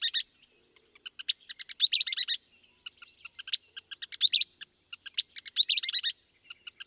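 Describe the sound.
Western kingbird giving spaced, sharp kip notes that build into excited, sputtering bursts of chatter, repeated about three times.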